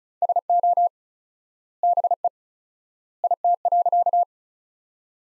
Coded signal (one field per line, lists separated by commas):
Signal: Morse code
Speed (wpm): 36 wpm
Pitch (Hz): 700 Hz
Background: none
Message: SO BE IT.